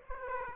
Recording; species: mosquito wingbeat signal from an infrared sensor; Aedes aegypti